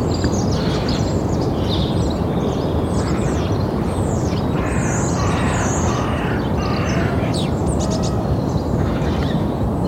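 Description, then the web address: Bird calls, short chirping notes, over loud continuous traffic rumble. Suburban setting in the morning; cars passing mid-distant with heavy traffic. "BBC. morning suburban birds with mid distant passing cars and heavy traffic skyline"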